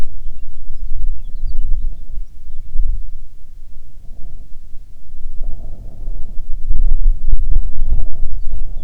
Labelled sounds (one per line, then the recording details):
songbird
wind
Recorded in the Prudhoe Bay oil fields, Alaska, on 6 June 2019 at 03:49
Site 16